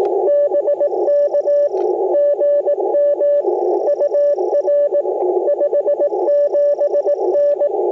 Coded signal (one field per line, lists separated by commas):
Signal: Morse code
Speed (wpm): 20 wpm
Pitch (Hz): 590 Hz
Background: radio noise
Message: BK GM UR 57N